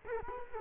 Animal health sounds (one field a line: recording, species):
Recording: mosquito wingbeat signal from an infrared sensor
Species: Culex quinquefasciatus